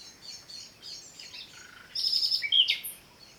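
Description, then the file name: Common nightingale song phrase of varied high chirps and twitters, then a louder buzzy burst and a brief whistle near the end. "Luscinia megarhynchos"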